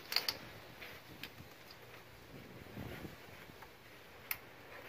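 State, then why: Seated. A module wiring harness's three-pin connector is pushed onto the end of an engine sensor on a 2017 Ford F-250 Powerstroke Platinum during a module installation. A few faint ticks come early, then a sharp latching click at 4.3 s shows the connector is seated and secure. No one talks.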